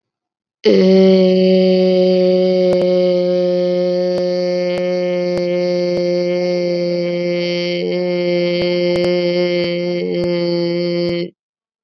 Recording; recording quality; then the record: sustained vowel as in made; excellent, no background noise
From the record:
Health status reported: COVID-19 positive, mild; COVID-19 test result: positive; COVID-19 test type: RT-PCR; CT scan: not taken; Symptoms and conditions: cough, cold, fever, fatigue, muscle pain, another condition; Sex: female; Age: 25 years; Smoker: no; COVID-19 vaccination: none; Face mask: not worn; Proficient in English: no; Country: India